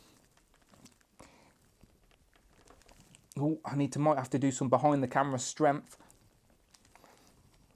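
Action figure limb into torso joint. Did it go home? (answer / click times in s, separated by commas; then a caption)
no / none. A plastic action figure limb is handled at its torso joint and is about to be pushed home with extra force, but nothing has seated or clicked yet. Light crinkling and a few faint ticks of handling are heard, along with someone talking in the middle of the clip.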